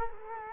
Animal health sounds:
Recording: mosquito wingbeat signal from an infrared sensor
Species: Culex quinquefasciatus

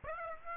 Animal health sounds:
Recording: mosquito wingbeat signal from an infrared sensor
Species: Aedes aegypti

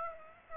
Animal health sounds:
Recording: mosquito wingbeat signal from an infrared sensor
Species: Aedes aegypti

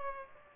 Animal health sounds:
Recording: mosquito wingbeat signal from an infrared sensor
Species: Aedes aegypti

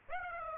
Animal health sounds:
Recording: mosquito wingbeat signal from an infrared sensor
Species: Aedes aegypti

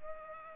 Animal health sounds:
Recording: mosquito wingbeat signal from an infrared sensor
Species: Culex pipiens

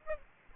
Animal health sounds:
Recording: mosquito wingbeat signal from an infrared sensor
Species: Aedes albopictus

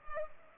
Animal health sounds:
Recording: mosquito wingbeat signal from an infrared sensor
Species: Culex pipiens

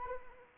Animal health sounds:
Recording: mosquito wingbeat signal from an infrared sensor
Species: Anopheles arabiensis

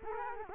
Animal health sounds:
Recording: mosquito wingbeat signal from an infrared sensor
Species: Culex quinquefasciatus

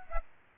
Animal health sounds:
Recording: mosquito wingbeat signal from an infrared sensor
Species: Aedes aegypti

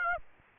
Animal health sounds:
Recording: mosquito wingbeat signal from an infrared sensor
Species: Aedes aegypti

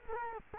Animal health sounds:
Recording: mosquito wingbeat signal from an infrared sensor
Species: Culex quinquefasciatus

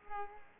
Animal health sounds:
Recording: mosquito wingbeat signal from an infrared sensor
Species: Culex pipiens

